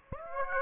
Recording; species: mosquito wingbeat signal from an infrared sensor; Aedes aegypti